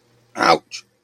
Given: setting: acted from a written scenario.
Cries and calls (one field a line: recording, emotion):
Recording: vocal sound without words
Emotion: pain